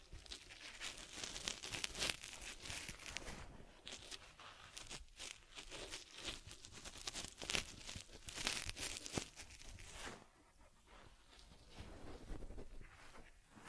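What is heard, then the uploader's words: Teddy-bear grooming and massage: constant scratchy rubbing and brushing of fur, dense and bright, with sharper crinkles near 2, 7.5 and 9 seconds, easing after ten. Taking Care of Teddy Head Massage, Facial Cleansing, Fur Combing and Ear Cleaning.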